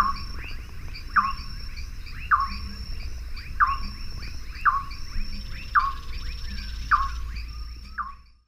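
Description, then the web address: Band-tailed Nighthawk song: a series of sharp chirping notes repeated roughly every second. Song; eastern lowlands of South America. "Natures Songs S America Eastern Lowlands. Nyctiprogne leucopyga, song"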